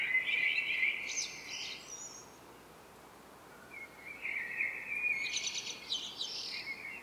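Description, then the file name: Common blackbird song, two rich warbled phrases, each ending in a rapid high scratchy twitter, separated by a quiet pause. "Turdus merula"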